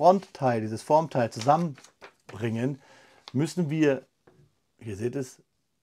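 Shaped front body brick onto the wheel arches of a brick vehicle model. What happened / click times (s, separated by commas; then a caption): The plastic part is being handled but has not clicked into place yet / none. Someone talks while handling the shaped front body brick of a toy-brick Citroen Type H van model, about to press it onto the wheel arches, where it takes real force to click into place. Nothing has seated or clicked yet.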